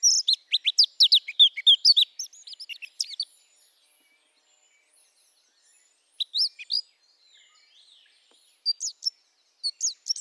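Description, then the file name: Eurasian blackcap giving a fast chattering warble for about three seconds, then a long silence broken by short scattered phrases. "Sylvia atricapilla"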